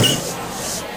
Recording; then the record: coughing mixed with background sound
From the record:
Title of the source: Spring Cold Coughing.